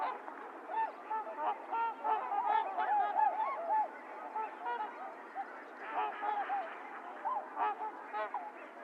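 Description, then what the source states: Trumpeter swans calling, rapid runs of short nasal honks from several birds, bursts followed by brief quieter stretches. Recorded 28 January 2022; recording low-cut filtered; several swans.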